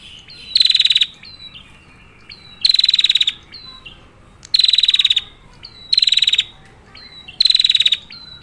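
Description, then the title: Prinia giving repeated short buzzy rattles, high and rapid, roughly every one to two seconds, with faint descending whistled notes between bursts. Female prinia singing a continuous rolling song, used as a lure to prompt quiet prinias to call and as a training model for other birds. "Prenjak Betina Gacor Ngerol. Cocok Buat pancingan Prenjak susah bunyi, maupun masteran Burung Lain."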